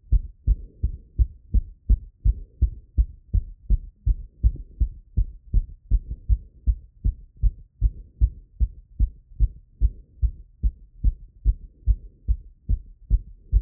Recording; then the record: heart sounds by stethoscope after running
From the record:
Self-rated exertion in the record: vigorous exertion (4 of 6); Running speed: 10 mph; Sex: male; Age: 24 years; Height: 175 cm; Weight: 56 kg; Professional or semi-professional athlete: no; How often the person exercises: over 5 times a week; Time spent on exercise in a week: over 5 hours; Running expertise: yes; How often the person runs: over 5 times a week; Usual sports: running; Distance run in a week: 60 km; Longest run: 43 km